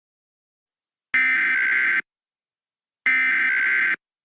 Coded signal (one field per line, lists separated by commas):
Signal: Emergency Alert System (SAME) tones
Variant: header bursts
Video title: An EAS scenario the object flags #2